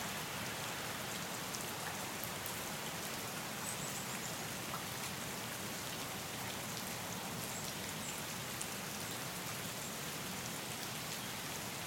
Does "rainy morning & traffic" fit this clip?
yes